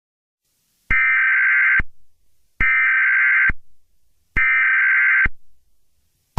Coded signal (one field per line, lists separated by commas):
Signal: Emergency Alert System (SAME) tones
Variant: header bursts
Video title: Eas Scenario 001 - Attack on the twin towers of 2001